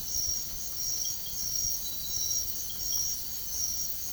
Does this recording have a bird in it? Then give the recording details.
no. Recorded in secondary vegetation near Puerto Asís, Putumayo, Colombia, on 24 March 2025 at 03:30. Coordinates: 0.489, -76.322. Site G042